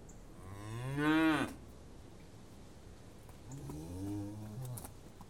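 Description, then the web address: Cattle mooing: a loud rising-falling low moo near the start, then a softer, longer second moo after a pause, over faint background hiss. Several cows mooing; livestock. "The BBC Sound Effects Library. Cows Mooing"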